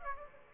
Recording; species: mosquito wingbeat signal from an infrared sensor; Aedes aegypti